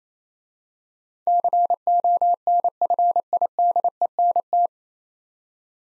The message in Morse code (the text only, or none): CONFIDENT